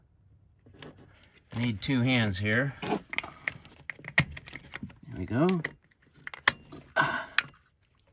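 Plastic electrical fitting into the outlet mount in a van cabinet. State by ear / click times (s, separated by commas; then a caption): seated / 6.5 s, 7.4 s. While rewiring the tripping GFCI outlet circuit in a Winnebago Travato 59KL camper van cabinet, someone uses both hands to push a plastic electrical fitting into its outlet mount as someone talks amid small rattles and taps. Sharp snaps at 6.5 s and 7.4 s mark the fitting seating firmly in place, unlike how it was found.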